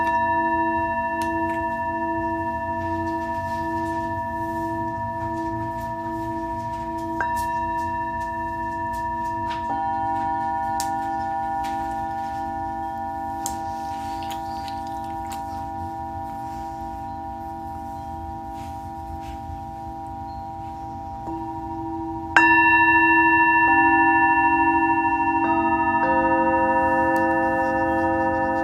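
Singing bowls ring in long, sustained tones for sound healing, their pure overlapping pitches fading slowly. Fresh strikes add new tones around 7, 10, 22 and 26 seconds, the one at 22 seconds loudest. A soft low hum lies steadily underneath.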